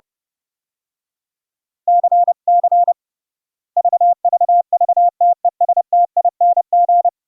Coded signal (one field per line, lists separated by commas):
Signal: Morse code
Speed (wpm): 30 wpm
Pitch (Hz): 700 Hz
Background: none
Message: CC VVV TESTING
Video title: Raspberry PI HUB CW Morse Code MIXER sending to the StreamMYAudio Server for muti-OP QSO NET over IP